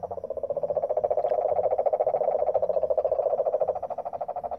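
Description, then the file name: Cane toad giving a continuous low, rapidly pulsed trill that carries throughout and grows quieter near the end. San Jose, Costa Rica, 17 July 2017. "2017-07-17 Cane Toads San Jose CR"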